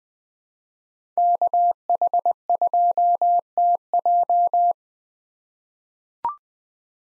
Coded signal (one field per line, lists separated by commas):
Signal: Morse code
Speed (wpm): 20 wpm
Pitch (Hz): 700 Hz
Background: none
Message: KH2TJ